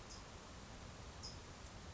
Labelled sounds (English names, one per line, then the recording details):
California Towhee
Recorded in Sonoma County, California